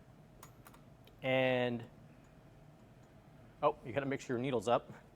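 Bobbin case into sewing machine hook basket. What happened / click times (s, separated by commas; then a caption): Handled, not yet home: no seating click yet / none. A metal bobbin case with its bobbin is handled near the rotary hook basket of a Juki 1541S industrial sewing machine, with a few faint taps early on before someone talks. Nothing has seated or clicked into the hook basket yet.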